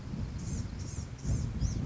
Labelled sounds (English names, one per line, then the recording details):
Blue-gray Gnatcatcher
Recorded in Sonoma County, California